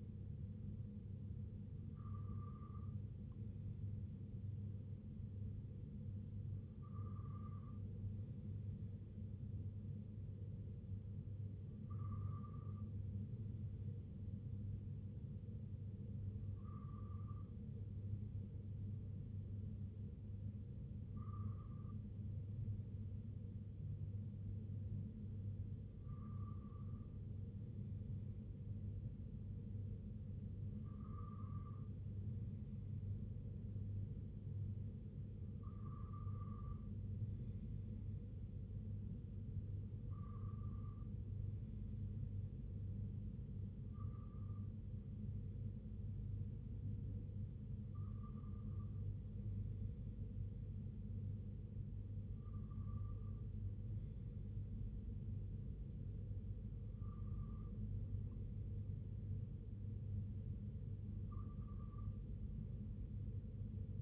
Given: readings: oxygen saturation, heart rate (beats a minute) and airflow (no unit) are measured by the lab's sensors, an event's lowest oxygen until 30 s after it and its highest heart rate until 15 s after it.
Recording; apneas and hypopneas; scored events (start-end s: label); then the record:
breathing in sleep by a smartphone at the bedside; none
none scored
From the record:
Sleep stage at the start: N2 (light sleep); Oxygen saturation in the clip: 94 to 95%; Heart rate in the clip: 61 to 69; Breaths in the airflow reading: 14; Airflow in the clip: -4.5 to 2.5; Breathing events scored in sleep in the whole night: 258 in 7.4 hours asleep